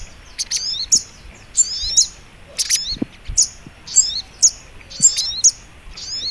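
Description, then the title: Little Spiderhunter song: high, sharp chirps with short downward-sliding trills, repeated in quick succession over a faint low hiss. Masteran (training) recording, labelled Labaik. "Masteran Burung Sogok Ontong Labaik"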